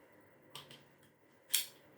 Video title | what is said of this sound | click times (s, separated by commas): RS4 Mini Kurulum ve Kalibrasyonu - Türkçe | tık sesini duyduk ve oturdu. | 1.6 s